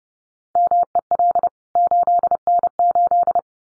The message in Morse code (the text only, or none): MEL 8N8